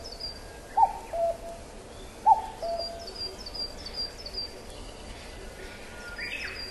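Common cuckoo giving two falling two-note cu-coo calls and the start of a third, with high chirping songbirds in the background.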